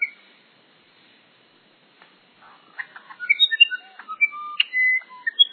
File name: uirapuru verdadeiro